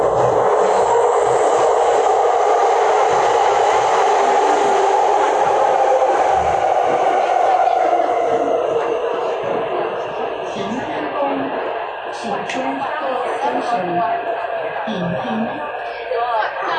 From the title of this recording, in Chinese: 台北捷運